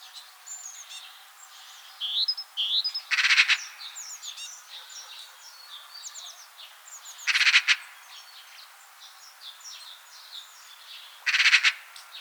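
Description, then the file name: Eurasian magpie chattering in three short, harsh rattling bursts about four seconds apart, loud over a steady background of small birds' high chirps and twittering. "Pica pica 121016"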